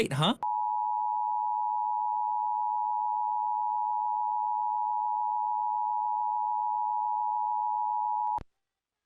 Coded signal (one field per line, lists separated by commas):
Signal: Emergency Alert System (SAME) tones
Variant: 853 and 960 Hz attention tone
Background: speech